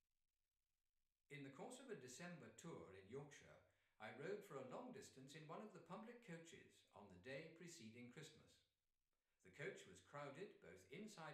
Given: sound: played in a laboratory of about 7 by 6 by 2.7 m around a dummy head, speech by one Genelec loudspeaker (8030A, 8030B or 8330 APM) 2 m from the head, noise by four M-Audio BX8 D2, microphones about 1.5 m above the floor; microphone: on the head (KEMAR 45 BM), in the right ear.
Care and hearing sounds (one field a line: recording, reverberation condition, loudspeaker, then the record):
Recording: male speech in English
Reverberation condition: medium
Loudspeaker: 120 degrees to the right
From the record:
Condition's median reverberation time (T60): about 510 ms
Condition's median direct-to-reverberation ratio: about -0.5 dB